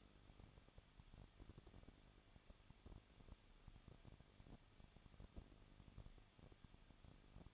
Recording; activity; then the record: daily activity, microphone in the room; no activity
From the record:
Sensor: 4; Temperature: 23.1 degrees Celsius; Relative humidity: 33.9%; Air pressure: 1007.2 hPa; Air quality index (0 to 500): 215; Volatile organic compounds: 15 ppm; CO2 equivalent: 2485 ppm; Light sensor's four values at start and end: 2/3/1/1 and 2/3/1/1